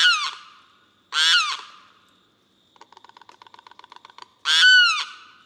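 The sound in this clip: Limpkin with loud screeching wails: two cries, then a series of quiet rapid clicks, then a third cry.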